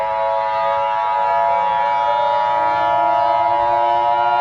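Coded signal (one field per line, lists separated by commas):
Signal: Emergency Alert System (SAME) tones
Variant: 853 and 960 Hz attention tone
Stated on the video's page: Fictional EAS scenario.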